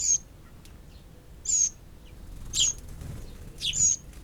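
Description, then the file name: Eurasian wren producing four sharp, high call notes roughly a second apart, with quiet gaps between. "Troglodytes troglodytes"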